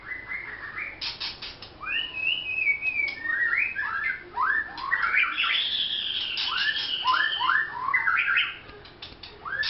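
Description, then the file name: White-rumped shama song, loud swooping whistles and rising slurred notes delivered in quick varied phrases, with a few sharp clicks. Vietnam. "shama vietnam omkicau"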